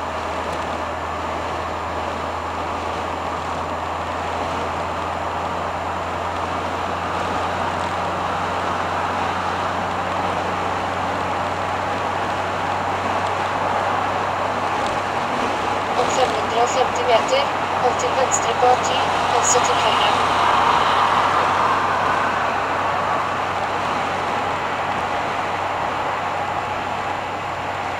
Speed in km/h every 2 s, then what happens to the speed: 74, 75, 77, 79, 81, 83, 85, 85, 84, 84, 85, 84, 84, 84.
0-12 speeds up to 85. 12-28 steady at about 84.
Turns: none.